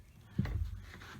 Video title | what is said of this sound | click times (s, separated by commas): Spark Plug Replacement; 2011 thru 2021 5.0L & 2016 thru 2022 5.2L Engines | and that'll click just a little bit too | 0.4 s